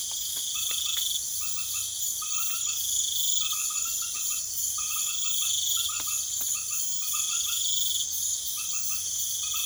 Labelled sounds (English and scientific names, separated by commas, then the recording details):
none
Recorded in pastures near Puerto Asís, Putumayo, Colombia, on 28 February 2025 at 23:00
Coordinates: 0.505, -76.324
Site GP08